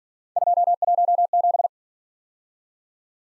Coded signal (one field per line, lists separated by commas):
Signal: Morse code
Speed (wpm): 48 wpm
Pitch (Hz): 700 Hz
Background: none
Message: 217